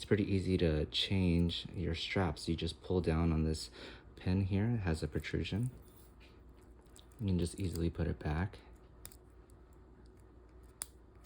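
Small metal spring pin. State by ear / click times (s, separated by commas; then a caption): seated / 10.8 s. A Brew Watch Co Brewmatic watch strap is refitted by pulling down its quick-release spring bar pin and letting it seat in the case lug while someone talks. After the talking stops, small faint ticks are heard, then a sharp click at 10.8 s as the spring bar snaps into the lug, seated.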